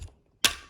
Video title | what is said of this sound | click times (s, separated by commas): How To Fix Your Loose Ferrari/Maserati F1 Shift Lever FOR GOOD | There we go. Should make a nice little click. | 0.4 s